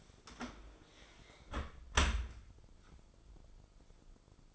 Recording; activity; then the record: daily activity, microphone in the room; close dishwasher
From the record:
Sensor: 5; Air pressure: 995.8 hPa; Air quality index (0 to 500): 105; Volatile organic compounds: 7 ppm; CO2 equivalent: 2036 ppm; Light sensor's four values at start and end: 41/98/41/43 and 41/98/40/43